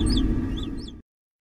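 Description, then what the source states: Naked mole rat chirps, a few brief high sweeping notes over low background hum, ending abruptly in silence after about one second. Courtship song; example recording sent by a researcher.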